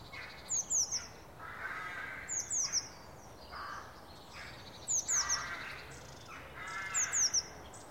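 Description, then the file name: Eurasian blue tit calling with very high, thin notes in quick clusters of two or three, each falling sharply in pitch; several clusters come over a noisy background. "Cyanistes caeruleus"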